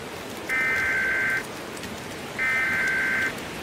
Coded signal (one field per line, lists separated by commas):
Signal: Emergency Alert System (SAME) tones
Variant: header bursts